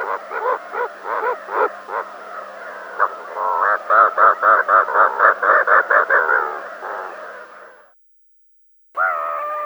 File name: Golubok morskoj